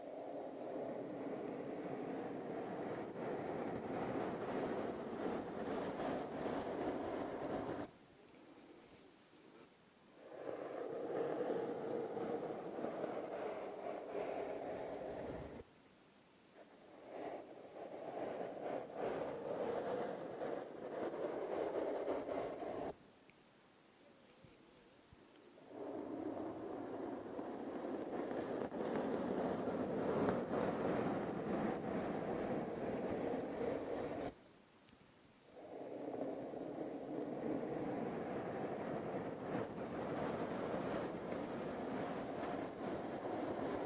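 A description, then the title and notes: Intense brushing rubs against a microphone in long, dense strokes, a rough, mid-low scraping that fills most of the time. The bursts run several seconds each, broken by short quiet gaps near 8, 15, 23 and 34 seconds. Microphone touching Intense brushing.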